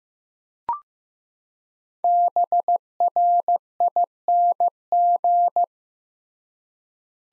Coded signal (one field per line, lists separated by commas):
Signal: Morse code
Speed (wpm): 15 wpm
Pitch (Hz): 700 Hz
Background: none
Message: BRING